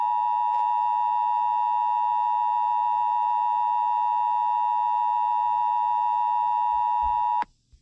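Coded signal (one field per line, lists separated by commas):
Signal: Emergency Alert System (SAME) tones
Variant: 853 and 960 Hz attention tone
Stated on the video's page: Fictional EAS scenario recreation.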